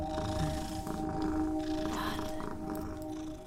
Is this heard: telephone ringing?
no